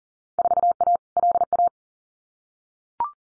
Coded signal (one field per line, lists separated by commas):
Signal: Morse code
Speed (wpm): 40 wpm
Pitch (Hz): 700 Hz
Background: none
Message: 4A LA